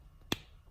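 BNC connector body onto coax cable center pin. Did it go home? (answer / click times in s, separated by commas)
yes / 0.3 s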